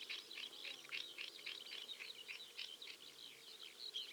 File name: Swinhoe's snipe